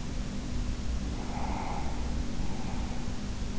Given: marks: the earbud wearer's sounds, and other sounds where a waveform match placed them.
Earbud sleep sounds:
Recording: sounds in sleep by an in-ear microphone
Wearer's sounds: breath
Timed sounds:
0.76-3.22 s: breath

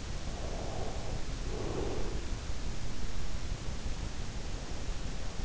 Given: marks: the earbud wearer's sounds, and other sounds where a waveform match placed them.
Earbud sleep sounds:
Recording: sounds in sleep by an in-ear microphone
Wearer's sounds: breath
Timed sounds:
0.22-2.55 s: breath

